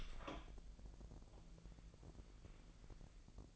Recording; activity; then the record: daily activity, microphone in the room; open door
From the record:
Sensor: 5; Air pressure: 1001.6 hPa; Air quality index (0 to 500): 248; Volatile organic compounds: 33 ppm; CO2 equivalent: 3025 ppm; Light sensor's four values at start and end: 38/88/35/34 and 36/85/34/32